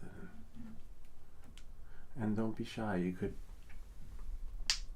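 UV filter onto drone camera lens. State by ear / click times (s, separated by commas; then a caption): seated / 4.7 s. Someone talks while pressing a UV filter onto the camera lens of a DJI Avata drone, which has to snap in to be seated. A single sharp, loud snap at 4.7 s shows the filter has snapped into place.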